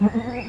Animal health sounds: contact call of a hoofed animal; goat; low-frequency (closed-mouth) or high-frequency (open-mouth) call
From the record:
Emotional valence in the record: negative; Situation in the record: short social isolation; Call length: 0.50 s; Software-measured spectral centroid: 1470 Hz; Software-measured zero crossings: 1510 a second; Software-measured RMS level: -22 dBFS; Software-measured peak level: -9 dBFS

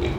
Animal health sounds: contact call of a hoofed animal; pig; closed-mouth grunt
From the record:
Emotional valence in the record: positive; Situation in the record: food and toys in familiar pen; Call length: 0.19 s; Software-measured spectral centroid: 1950 Hz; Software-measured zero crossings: 1230 a second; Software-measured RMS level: -24 dBFS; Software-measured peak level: -14 dBFS

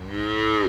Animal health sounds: contact call of a hoofed animal; cattle; low-frequency (closed-mouth) or high-frequency (open-mouth) call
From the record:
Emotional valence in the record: negative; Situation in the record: full separation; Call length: 0.69 s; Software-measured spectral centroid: 1810 Hz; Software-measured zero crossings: 1960 a second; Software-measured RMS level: -24 dBFS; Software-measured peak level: -9 dBFS

